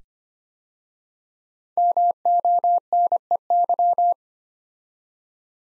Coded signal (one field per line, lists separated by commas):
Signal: Morse code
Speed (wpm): 25 wpm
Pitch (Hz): 700 Hz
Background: none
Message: MONEY